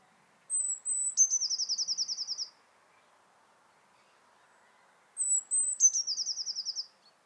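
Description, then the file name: Eurasian blue tit song: two high, thin phrases, each a brief descending whistle then a fast buzzy trill, about five seconds apart, with a quiet background. "Cyanistes caeruleus"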